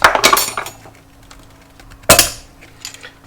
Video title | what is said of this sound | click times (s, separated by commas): How To Rebuild An Allison 1000 Transmission - Duramax | Right there. You can hear the snap ring. You can hear it pop. | 2.1 s